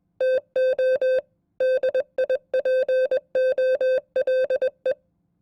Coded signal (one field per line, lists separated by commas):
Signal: Morse code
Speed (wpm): 21 wpm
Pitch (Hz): 520 Hz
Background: none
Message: TO DIPOLE